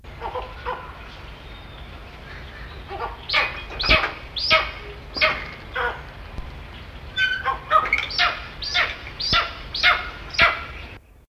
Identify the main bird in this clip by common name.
Tawny Eagle